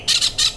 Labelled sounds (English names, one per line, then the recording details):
Brown-throated Parakeet contact call
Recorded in Venezuela
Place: Cerro Saroche, Hato Dalmatela, Edo. Lara
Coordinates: 10.149, -69.534